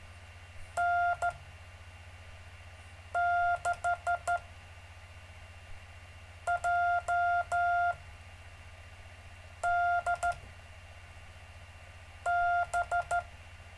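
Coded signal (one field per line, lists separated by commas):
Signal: Morse code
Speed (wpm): 13 wpm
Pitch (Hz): 700 Hz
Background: none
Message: N6JDB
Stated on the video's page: Live stream of gentle Morse code practice.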